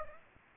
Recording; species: mosquito wingbeat signal from an infrared sensor; Aedes aegypti